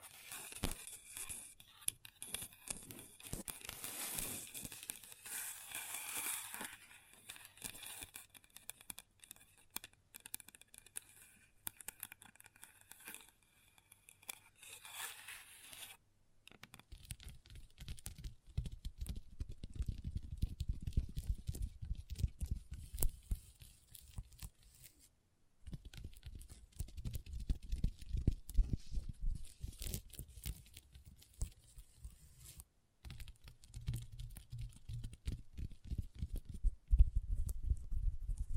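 Long nails tap and scratch on a table: bright, dense scratching for sixteen seconds, then lower, thumpier tapping in quick irregular bursts.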